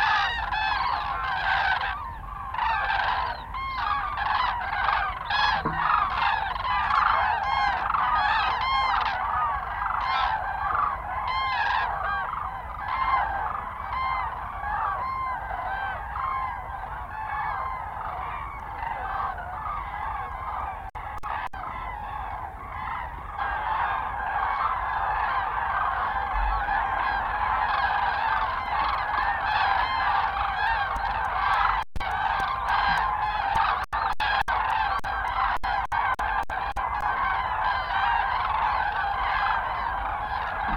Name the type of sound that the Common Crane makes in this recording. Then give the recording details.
call. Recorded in the wild. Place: Freesen, Insel Rügen, Mecklenburg-Vorpommern, DE. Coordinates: 54.497, 13.237. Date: 1969-10-05 18:00. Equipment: Nagra III BH, Sennheiser MD 21, parabola. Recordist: Schubert, Michael. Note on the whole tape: Bei Freesen: Kraniche, mehrere tausend anfliegend E. 18,00 s. Bd. 60